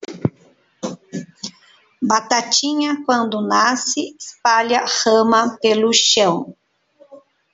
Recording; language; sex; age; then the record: short text; Brazilian Portuguese; female; 50 to 59 years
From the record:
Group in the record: control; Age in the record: 57 years